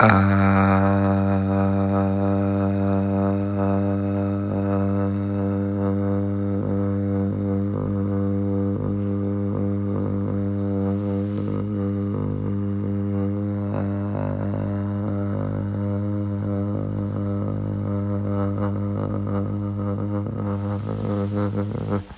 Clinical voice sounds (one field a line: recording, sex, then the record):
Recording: sustained vowel /a/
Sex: male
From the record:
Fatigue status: fatigue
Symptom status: symptomatic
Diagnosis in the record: COVID-19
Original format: m4a